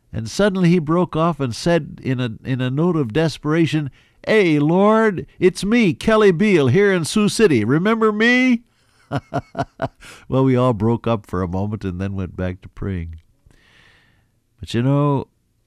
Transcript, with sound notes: And suddenly he broke off and said, in a note of desperation, “Hey Lord, it’s me Kelly Beal, here in Sioux City. Remember me?” (Laughs) Well we all broke up for a moment, and then went back to praying. But you know,